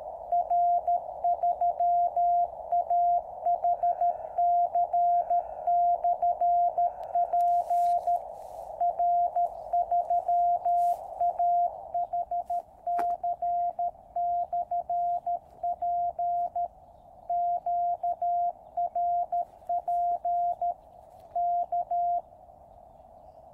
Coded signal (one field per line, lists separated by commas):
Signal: Morse code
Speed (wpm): 13 wpm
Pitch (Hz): 700 Hz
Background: radio noise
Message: R3AHC/P R3AHC/P QRP K